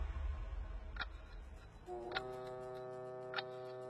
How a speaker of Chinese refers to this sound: 陈默收回目光，看向陆老板和阿豪，三人面面相觑，时钟再次向前走动了一格。